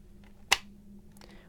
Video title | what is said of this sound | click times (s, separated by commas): PowerG & DSC Smoke Detector Battery Replacement - by JTL Security | Once we hear it snap open, or once we hear it stop moving, we can then remove the back cover plate and access the batteries. | 0.5 s